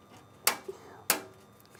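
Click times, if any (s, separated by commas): 0.5 s, 1.1 s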